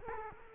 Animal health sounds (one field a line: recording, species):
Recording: mosquito wingbeat signal from an infrared sensor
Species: Culex quinquefasciatus